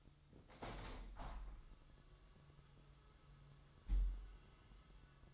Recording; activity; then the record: daily activity, microphone in the room; open window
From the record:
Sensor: 3